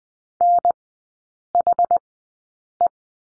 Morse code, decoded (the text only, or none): NHE